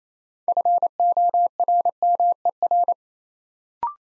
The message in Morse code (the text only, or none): FORMER